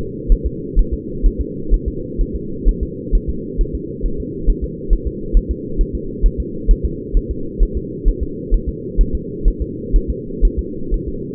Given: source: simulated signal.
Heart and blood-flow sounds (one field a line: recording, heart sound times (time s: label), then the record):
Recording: fetal heart sounds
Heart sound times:
0.32 s: S1
0.46 s: S2
0.79 s: S1
0.94 s: S2
1.26 s: S1
1.41 s: S2
1.74 s: S1
1.88 s: S2
2.21 s: S1
2.36 s: S2
2.69 s: S1
2.83 s: S2
3.15 s: S1
3.30 s: S2
3.61 s: S1
3.75 s: S2
4.06 s: S1
4.20 s: S2
4.50 s: S1
4.64 s: S2
4.93 s: S1
5.07 s: S2
5.37 s: S1
5.51 s: S2
5.81 s: S1
5.95 s: S2
6.26 s: S1
6.40 s: S2
6.71 s: S1
6.85 s: S2
7.17 s: S1
7.31 s: S2
7.63 s: S1
7.77 s: S2
8.08 s: S1
8.23 s: S2
8.54 s: S1
8.69 s: S2
9.01 s: S1
9.15 s: S2
9.48 s: S1
9.62 s: S2
9.96 s: S1
10.10 s: S2
10.45 s: S1
10.59 s: S2
10.94 s: S1
11.08 s: S2
From the record:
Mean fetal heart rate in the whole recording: 130 bpm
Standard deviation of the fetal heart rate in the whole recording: 4 bpm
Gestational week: 38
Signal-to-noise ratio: -4.3 dB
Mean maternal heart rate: 72 bpm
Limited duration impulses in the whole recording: present